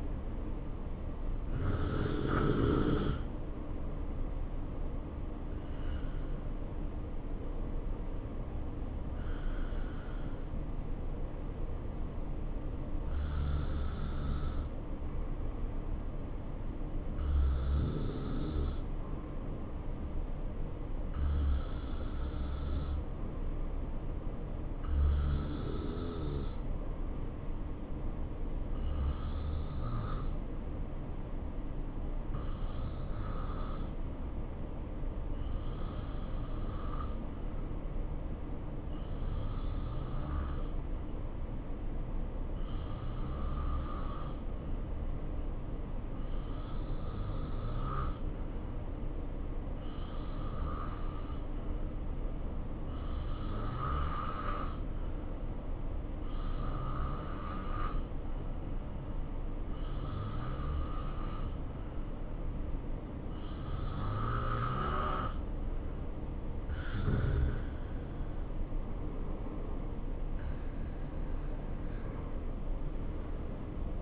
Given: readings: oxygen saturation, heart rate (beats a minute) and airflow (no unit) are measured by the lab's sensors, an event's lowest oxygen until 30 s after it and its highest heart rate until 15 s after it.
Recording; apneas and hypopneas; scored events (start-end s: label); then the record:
breathing in sleep by a smartphone at the bedside; 1
13.00-74.02 s: new sleep stage, N2 (light sleep)
15.00-67.60 s: hypopnea (N2, oxygen 94% highest, then 89% lowest, heart rate 72 at the start, 73 highest)
From the record:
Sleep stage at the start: N1 (lightest sleep); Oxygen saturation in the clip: 85 to 94%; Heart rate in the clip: 64 to 73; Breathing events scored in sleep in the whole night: 277 in 7.4 hours asleep